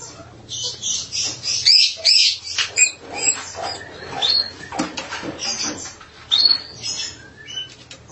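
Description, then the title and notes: Starling chattering with harsh rasping notes and short high whistles in irregular bursts. "suara burung jalak"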